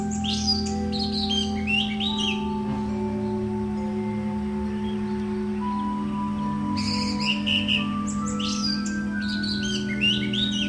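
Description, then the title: Bird twitters in two busy bursts of high, rapid chirps at the beginning and end, separated by a quiet gap, with a steady hum throughout. "SuaraBurung Kicau"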